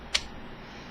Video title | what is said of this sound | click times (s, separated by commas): Latitude E5440 RAM Install | When you hear it click, | 0.2 s